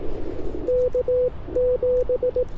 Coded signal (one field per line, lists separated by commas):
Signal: Morse code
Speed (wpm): 18 wpm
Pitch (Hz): 500 Hz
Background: none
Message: K7